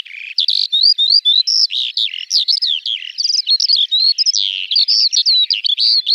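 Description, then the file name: Eurasian skylark singing a continuous, high-pitched warble of chirps, slurred whistles and short trills, tumbling on without pause. "Alouette des champs"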